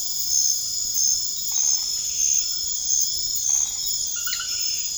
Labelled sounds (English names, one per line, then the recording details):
none
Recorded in secondary vegetation near Puerto Asís, Putumayo, Colombia, on 24 March 2025 at 22:30
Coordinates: 0.489, -76.322
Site G042